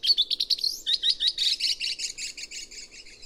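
Chestnut-cheeked starling calls: a fast run of sharp, hooked squeaky notes, then a string of buzzy chattering notes that gradually fade.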